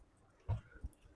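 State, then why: Not seated. A plastic brick part is lined up and pressed onto a brick model ship of the RMS Britannic. A soft thud comes at about 0.5 s, then a few faint taps near 0.9 s. The part only falls softly into place, and nothing has clicked or seated yet.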